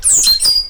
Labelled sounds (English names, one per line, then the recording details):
Stitchbird song
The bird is a male
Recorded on Tiritiri Matangi Island, New Zealand, in 2005
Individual 12, of nest box 16